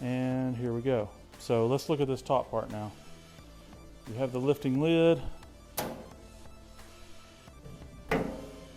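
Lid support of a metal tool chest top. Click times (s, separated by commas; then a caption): 8.1 s. Someone talks over music while lifting the hinged metal lid on top of a Craftsman 26-inch-wide, 5-drawer metal tool chest (CMST22654BK), which sits on a 4-drawer rolling tool cabinet (CMST22741BK) resting on a mat. A thunk at 5.8 s comes as the lid is raised, and a second sharp knock at 8.1 s is the lid support locking the lid in the open position.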